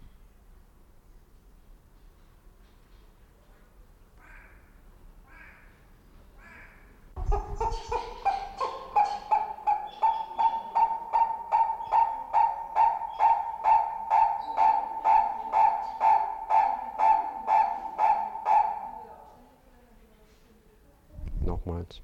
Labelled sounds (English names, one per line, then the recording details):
Purple-crested Turaco call
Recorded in captivity
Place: Zoo Berlin, Berlin, DE
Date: 1992-07-25 11:06
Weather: sonnig (heiter - schwül), 23-26 °C
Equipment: Marantz CP 430, Sennheiser ME 80, Kopie Tesla B 116
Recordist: Tembrock, Günter